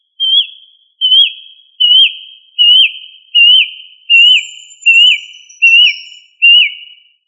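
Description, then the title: Australorp chicken giving shrill peeps, nine evenly spaced falling whistled notes, each just under a second apart, with faint higher chirps in the background. "manok ostrali"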